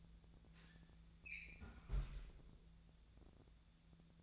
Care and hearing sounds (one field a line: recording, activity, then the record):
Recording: daily activity, microphone in the room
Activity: close fridge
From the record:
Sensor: 3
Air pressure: 1000.0 hPa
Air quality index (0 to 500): 132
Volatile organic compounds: 2 ppm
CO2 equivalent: 1178 ppm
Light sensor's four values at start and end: 41/105/45/49 and 41/105/44/48